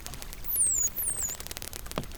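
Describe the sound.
Whale whistles: two high, thin notes sweeping steeply downward in quick succession, set against a steady scatter of sharp clicks and background hiss.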